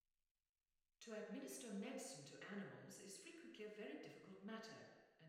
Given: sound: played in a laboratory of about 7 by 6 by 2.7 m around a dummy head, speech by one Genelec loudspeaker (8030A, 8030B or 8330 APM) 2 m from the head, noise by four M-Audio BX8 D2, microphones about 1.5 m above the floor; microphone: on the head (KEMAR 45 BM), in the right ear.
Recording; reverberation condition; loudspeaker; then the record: female speech in English; high; in front (0 degrees)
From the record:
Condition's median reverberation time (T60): about 1300 ms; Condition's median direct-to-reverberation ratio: about -4.0 dB